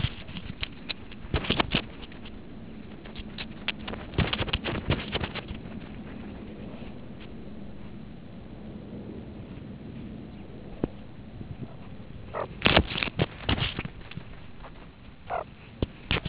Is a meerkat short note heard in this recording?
no